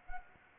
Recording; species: mosquito wingbeat signal from an infrared sensor; Anopheles arabiensis